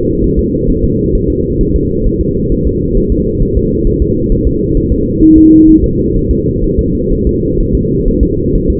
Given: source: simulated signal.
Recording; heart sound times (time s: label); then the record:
fetal heart sounds
0.24 s: S1
0.39 s: S2
0.70 s: S1
0.84 s: S2
1.15 s: S1
1.30 s: S2
1.61 s: S1
1.76 s: S2
2.07 s: S1
2.21 s: S2
2.52 s: S1
2.67 s: S2
2.97 s: S1
3.12 s: S2
3.42 s: S1
3.57 s: S2
3.87 s: S1
4.02 s: S2
4.32 s: S1
4.47 s: S2
4.77 s: S1
4.92 s: S2
5.23 s: S1
5.38 s: S2
5.69 s: S1
5.84 s: S2
6.17 s: S1
6.31 s: S2
6.64 s: S1
6.79 s: S2
7.12 s: S1
7.27 s: S2
7.61 s: S1
7.75 s: S2
8.08 s: S1
8.23 s: S2
8.55 s: S1
8.70 s: S2
From the record:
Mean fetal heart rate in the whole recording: 130 bpm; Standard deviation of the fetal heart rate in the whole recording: 4 bpm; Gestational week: 38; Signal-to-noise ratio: -14.7 dB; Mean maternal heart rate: 72 bpm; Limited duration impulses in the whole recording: present